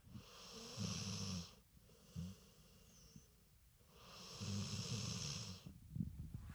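A dog snoring in the background: two drawn-out snoring breaths about three to four seconds apart, each a rough, fluttering low rumble under a hiss of airflow, with quiet pauses between them, at a slow, steady breathing pace.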